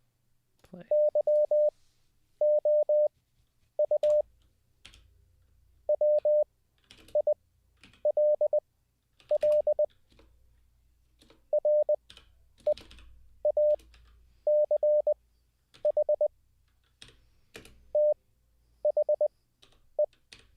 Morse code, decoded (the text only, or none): YOU WILL REACH THE